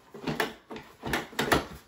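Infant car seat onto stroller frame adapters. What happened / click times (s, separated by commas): The plastic seat latched onto its mounts / 1.5 s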